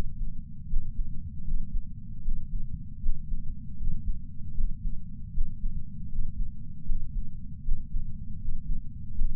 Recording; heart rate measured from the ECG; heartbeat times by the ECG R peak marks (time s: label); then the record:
heart sounds by patch sensor on the chest; 78 bpm
0.67 s: heartbeat
1.44 s: heartbeat
2.22 s: heartbeat
3.00 s: heartbeat
3.77 s: heartbeat
4.54 s: heartbeat
5.32 s: heartbeat
6.09 s: heartbeat
6.86 s: heartbeat
7.63 s: heartbeat
8.39 s: heartbeat
9.15 s: heartbeat
From the record:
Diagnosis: coronary artery disease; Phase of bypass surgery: preoperative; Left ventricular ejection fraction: 66.3%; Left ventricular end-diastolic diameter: 44 mm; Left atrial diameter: 34 mm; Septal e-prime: 5.3 cm/s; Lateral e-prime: 9.3 cm/s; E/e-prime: 13.2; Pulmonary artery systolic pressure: 31 mmHg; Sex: male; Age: 76 years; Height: 164 cm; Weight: 75 kg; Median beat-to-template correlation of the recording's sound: 0.83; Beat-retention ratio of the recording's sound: 0.97